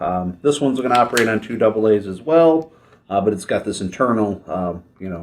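Someone talks while handling the internal battery access cover on a paintball marker body, which runs on two AA batteries. Only speech is heard. The cover has not seated or clicked into place yet.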